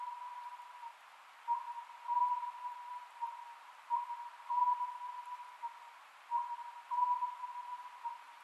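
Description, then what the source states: Oriental scops owl repeating a soft, low whistled phrase of three notes about every two and a half seconds, with a steady background hiss. Recorded 27 May 2010 at 22:21, at night.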